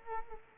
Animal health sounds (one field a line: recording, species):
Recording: mosquito wingbeat signal from an infrared sensor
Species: Culex quinquefasciatus